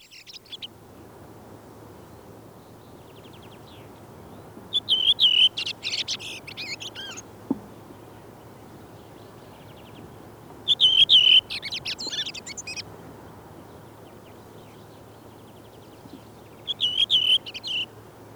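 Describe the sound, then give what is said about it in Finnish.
Redwing song in three repeated phrases, each a brief high fluty whistle run into a fast, scratchy twitter, separated by pauses of several seconds over a faint steady low hum. “Punakylkirastas laulaa näin.”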